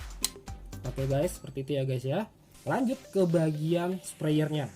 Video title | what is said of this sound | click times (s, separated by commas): Review Parfum Davidoff Cool Water Intense for Her 🏖🌊🍹 #davidoff | Jadi kalau kalian tutup begini dia akan bunyi klik. | 0.2 s